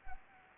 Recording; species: mosquito wingbeat signal from an infrared sensor; Anopheles arabiensis